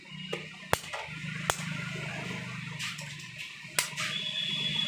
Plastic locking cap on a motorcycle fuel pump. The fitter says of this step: देखो। मैं दबा रहा हूँ। अब यह लॉक हो गया है।